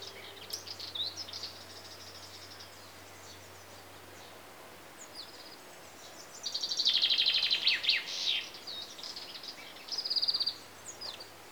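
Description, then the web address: Common chaffinch song, a loud rattling series of high repeated notes midway, then a shorter burst near the end, over faint background twittering. Chaffinches in Greece, with insects. "BBC Sound Effects Library. Greece. Birds (Chaffinches) And Insects"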